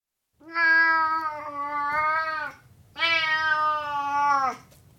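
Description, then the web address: Burmese cat meowing twice, long drawn-out harmonic meows, the second slightly falling at the end, with a quiet low hum behind. "BBC Cats Burmese BBC"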